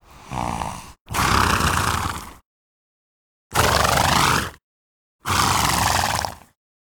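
Horse snorting, four loud breathy, rumbling bursts of about one to one and a half seconds each, separated by short silent pauses.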